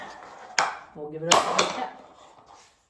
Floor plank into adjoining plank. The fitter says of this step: that is locked in okay now the fun part